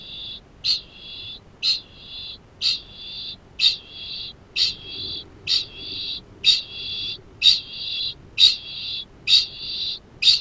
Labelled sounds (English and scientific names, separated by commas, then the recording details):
Kākāpō (Strigops habroptilus) ching call
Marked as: faintness 2/5
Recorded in New Zealand
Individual Arab